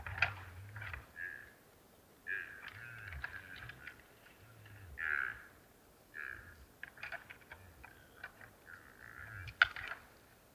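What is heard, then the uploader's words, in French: Two red deer stags fight in the distance over territory, with low rumbling grunts coming in bursts of a second or so. Sharp clacks, likely antlers striking, are scattered through the clip, thickest in the second half with a loud knock near the end. Plateau de St Dizier en diois - Drôme - Mixpr3 - mkh40. Le podcast d'aujourd'hui est le résultat d'un long piège à son déposé le 09 janvier au soir vers 17h00 et récupéré le matin du 10 vers 11h00. Ce combat éloigné de deux cerf élaphe combattant pour la possession d'un territoire.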